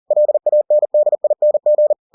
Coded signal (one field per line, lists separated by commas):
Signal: Morse code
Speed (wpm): 40 wpm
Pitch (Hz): 600 Hz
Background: none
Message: LANDING